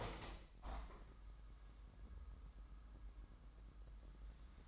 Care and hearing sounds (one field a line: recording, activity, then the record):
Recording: daily activity, microphone in the room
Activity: open window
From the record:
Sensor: 3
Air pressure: 998.0 hPa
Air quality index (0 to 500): 144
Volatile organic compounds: 5 ppm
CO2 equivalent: 1720 ppm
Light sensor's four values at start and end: 14/40/16/15 and 14/40/16/15